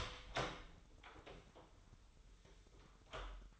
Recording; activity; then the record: daily activity, microphone in the room; open door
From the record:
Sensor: 3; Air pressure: 996.1 hPa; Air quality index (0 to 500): 61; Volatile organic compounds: 3 ppm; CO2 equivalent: 1385 ppm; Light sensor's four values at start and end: 14/33/14/14 and 14/33/14/14